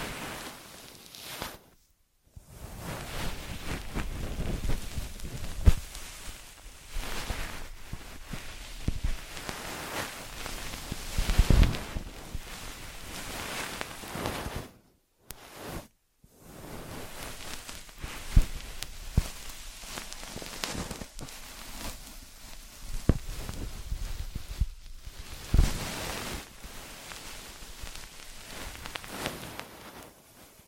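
Ear massage cleaning sounds: dense, scratchy rubbing and rustling that fill the range from low thumps to bright hiss, rising and falling in uneven strokes. Brief silences break the texture near 2, 15 and 25 seconds, with a few sharper knocks around 6 and 12 seconds.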